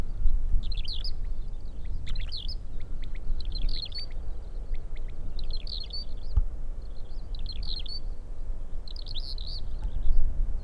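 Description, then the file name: Raso lark calls: several brief high chattering bursts over a steady low rumble. Recorded 20 October 2011. "alauda razae 20-10-2011"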